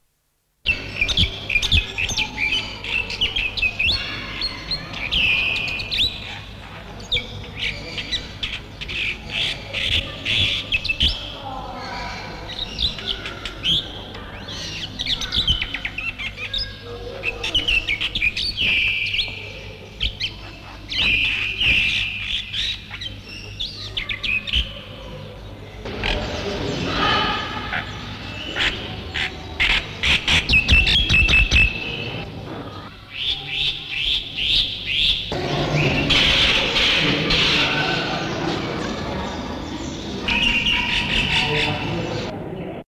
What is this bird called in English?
Black-winged Starling